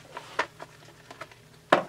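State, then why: Seated. While assembling a Huztl clone of a Stihl MS660 chainsaw, a small plastic piece is pushed into its spot in the top housing of the saw, producing a few soft taps and light knocks at about 0.2, 0.4, 1.1, 1.2 and 1.3 seconds. A sharp, loud click at 1.7 seconds marks the piece seating into place.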